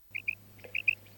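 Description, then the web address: Common quail calling with short, high notes in quick pairs, a brief pause between pairs, over a faint steady low hum. Recorded for a quail decoy caller. "Перепел Quaglia. plurifon"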